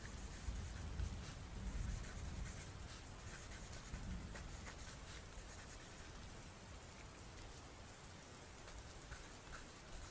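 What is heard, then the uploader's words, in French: Steady rain hisses throughout, with frequent sharp drop ticks and a low rumbling swell in the first four seconds that then settles. Sons ASMR et de pluie.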